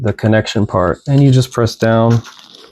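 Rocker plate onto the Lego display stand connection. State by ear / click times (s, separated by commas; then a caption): not seated / none. Someone talks while a plastic Lego rocker plate carrying a car is handled over its connection on a Lego display stand, ready to be pressed down. Nothing has seated or clicked yet.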